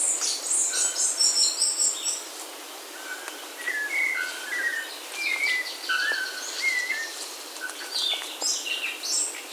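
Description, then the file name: Bird chirps: a busy run of high, thin chirping notes at the start, then scattered mid-pitched whistled notes over a constant hissing background. "SABIOD 50 bird 2015"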